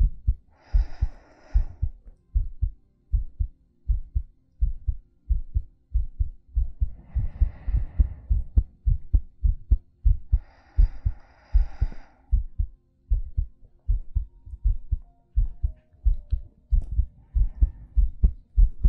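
A steady run of soft, low, regular thumps continues throughout, a heartbeat picked up close to the body. Four slow, airy breaths drift over it at intervals. This is close-miked ASMR-style heartbeat and breathing.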